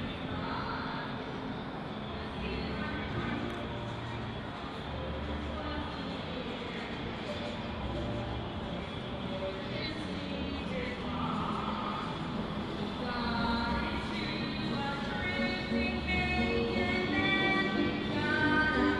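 An evening street walk in Orlando, with a dense, steady crowd of overlapping voices and some louder talk and laughter. A low rumble of traffic runs underneath, and the chatter thickens and grows brighter toward the end.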